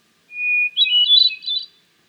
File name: Hermit Thrush - Catharus guttatus